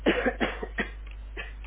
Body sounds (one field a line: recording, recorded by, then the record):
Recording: voluntary cough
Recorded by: telephone call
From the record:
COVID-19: positive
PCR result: checked with the laboratory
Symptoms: yes